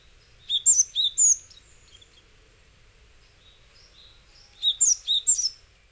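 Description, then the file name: Japanese tit uttering high, slurred chirps, a group of four notes at the start and another group of four near the end. Recorded in Hyogo, Japan. "sijuukara 10 1006 hyogo kaji"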